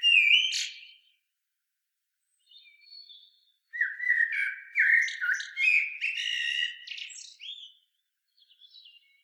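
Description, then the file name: Common blackbird song: a short warbled phrase, a soft pause, then a longer run of fluted notes broken by high squeaky twitters. "Turdus merula"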